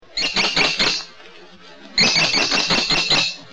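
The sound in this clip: American kestrel calling in two loud bursts of rapid, shrill, repeated notes, with a short pause between.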